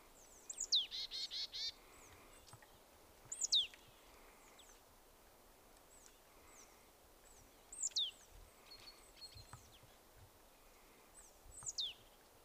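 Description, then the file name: Marsh tit calls: sharp, high notes sliding steeply down, given in bursts every few seconds, the first followed by a rapid buzzy chatter of several notes. "Poecile palustris"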